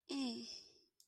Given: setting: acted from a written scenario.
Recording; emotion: vocal sound without words; embarrassment